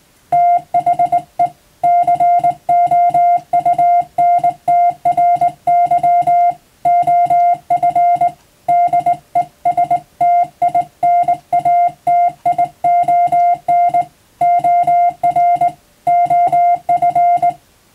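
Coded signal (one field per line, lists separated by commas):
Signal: Morse code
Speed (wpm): 20 wpm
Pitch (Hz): 700 Hz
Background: music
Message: THE COUNTRY OF DESTINATION OR OF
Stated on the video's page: Morse practice recorded from amateur radio on the air.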